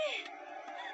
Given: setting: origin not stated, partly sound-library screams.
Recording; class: one-second piece from a danger detection set; woman in danger